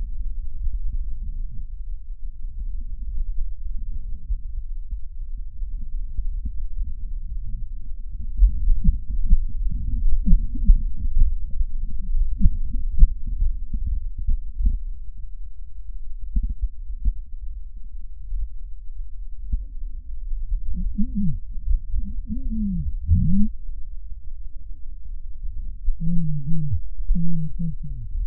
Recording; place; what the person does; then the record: lung sounds by stethoscope; right posterior basal chest; quiet breathing, then cough and speech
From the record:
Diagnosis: COPD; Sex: male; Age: 75 years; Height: 182 cm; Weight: 98 kg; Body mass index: 29.6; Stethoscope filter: bell mode